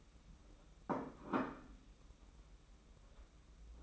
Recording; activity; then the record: daily activity, microphone in the room; place plate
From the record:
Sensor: 1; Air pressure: 991.8 hPa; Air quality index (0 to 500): 165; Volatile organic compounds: 1000 ppm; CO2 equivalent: 6198 ppm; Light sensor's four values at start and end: 29/98/38/38 and 29/98/38/38